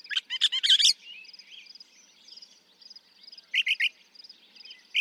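Northern mockingbird song opens with a rapid jumbled run of notes, then after a pause three quick identical chips in a row, with insects trilling steadily behind.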